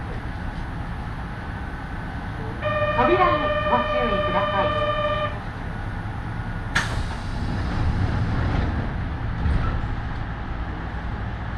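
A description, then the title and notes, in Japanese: A ride on a Yoro Railway train: a steady low rumble runs throughout. From about 3 to 5 seconds a held tone sounds with a voice beneath it, like an announcement, and a sharp clack near 7 seconds precedes a heavier, rougher rumble. 養老鉄道 揖斐→大垣→養老。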